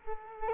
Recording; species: mosquito wingbeat signal from an infrared sensor; Culex quinquefasciatus